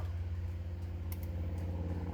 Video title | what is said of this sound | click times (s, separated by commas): Holley carburetor Quadrajet replacement for q-jet 85 Suburban | nope if you heard the snap that means it's in place fellas | 1.1 s